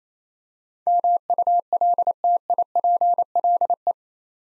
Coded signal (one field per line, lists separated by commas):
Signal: Morse code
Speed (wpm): 28 wpm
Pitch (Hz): 700 Hz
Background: none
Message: MULTIPLE